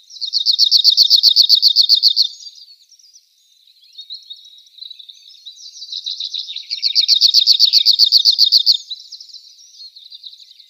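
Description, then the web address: Cirl bunting song: two level, quick-fire rattling trills, with quieter chattering and twittering notes in between. "Schulze Peter Cirl Bunting song"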